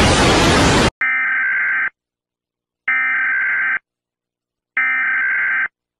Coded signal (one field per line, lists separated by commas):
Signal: Emergency Alert System (SAME) tones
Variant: header bursts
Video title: Mr incredible becoming uncanny EAS alarms part 2 (read desc)